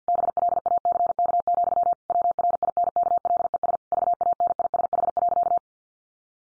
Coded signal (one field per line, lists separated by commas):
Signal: Morse code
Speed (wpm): 50 wpm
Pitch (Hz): 700 Hz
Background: none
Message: BLACK, WRINKLES VANISH.